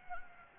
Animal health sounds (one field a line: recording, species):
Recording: mosquito wingbeat signal from an infrared sensor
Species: Anopheles gambiae